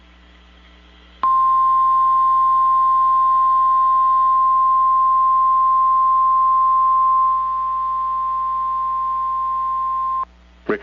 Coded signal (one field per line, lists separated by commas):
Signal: Emergency Alert System (SAME) tones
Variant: 1050 Hz attention tone